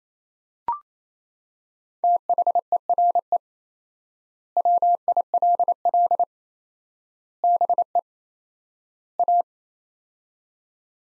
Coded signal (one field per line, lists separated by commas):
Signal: Morse code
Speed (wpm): 28 wpm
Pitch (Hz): 700 Hz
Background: none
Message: THERE WILL BE A